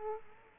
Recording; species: mosquito wingbeat signal from an infrared sensor; Culex quinquefasciatus